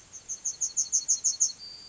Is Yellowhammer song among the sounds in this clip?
yes